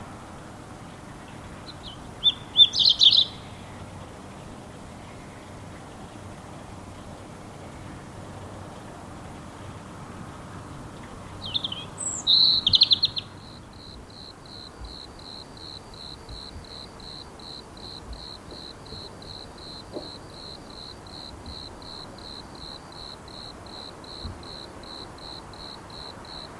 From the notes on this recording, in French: Sons enregistrés à Clermont-Ferrand pendant le confinement